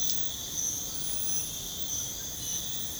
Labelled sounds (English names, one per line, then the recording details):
none
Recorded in secondary vegetation near Puerto Asís, Putumayo, Colombia, on 21 February 2024 at 04:30
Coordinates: 0.472, -76.331
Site G6371